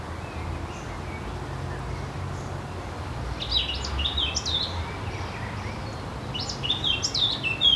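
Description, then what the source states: Birds singing: two bursts of bright, high chirping and twittering phrases over steady low rumbling noise. Birds singing in a city park.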